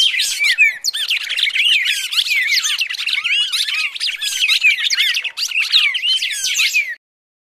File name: suara burung red crested cardinal tarung omkicau